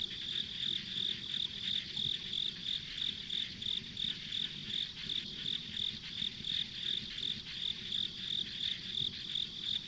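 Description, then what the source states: Repeated high insect chirps in quick even rhythm, roughly three per second, over a continuous shrill background chorus. Ambient insect sounds recorded on a country road.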